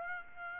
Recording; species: mosquito wingbeat signal from an infrared sensor; Aedes aegypti